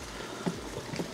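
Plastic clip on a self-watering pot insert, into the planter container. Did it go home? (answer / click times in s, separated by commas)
no / none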